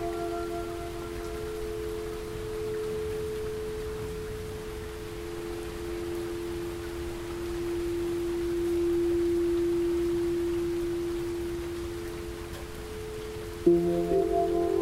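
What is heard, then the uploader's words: Steady rain hiss runs beneath sustained, bell-like ambient tones holding a low drone, swelling slightly midway, with a brighter chime entering near the end. Rain Sounds And Ambient Music: Soundscape For Sleep.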